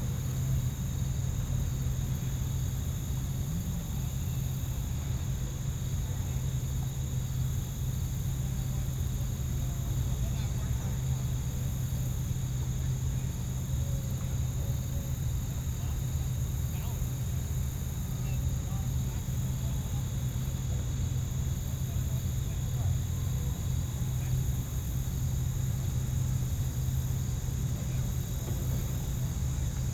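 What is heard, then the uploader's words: At a boat pier near trees, a deep, steady engine drone holds at an even level for the whole stretch. A thin, constant high whine sits above it, and faint, scattered sounds, perhaps voices, surface now and then. Boat Pier Near The Trees.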